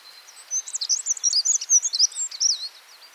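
Black-throated accentor song: a rapid, jumbled, high-pitched twittering phrase of scratchy notes lasting about two seconds.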